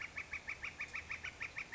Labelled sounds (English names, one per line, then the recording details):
Northern Flicker
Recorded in Sonoma County, California